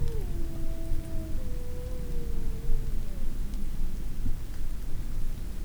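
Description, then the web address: Grey wolf howls: a few falling tones in succession, with strong low-pitched background rumble. Adult wolves, Vercors, 2004, 28–29 June; various calls. "Le-loup Docs Florac-28-29-juin cris divers loup loup vercors 2004 adultes"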